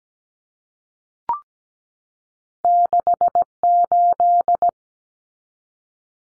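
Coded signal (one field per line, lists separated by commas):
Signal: Morse code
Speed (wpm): 17 wpm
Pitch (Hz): 700 Hz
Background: none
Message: 68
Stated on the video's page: Two-digit numbers sent at 17 wpm for head-copy drill, each sent, spoken, then sent again.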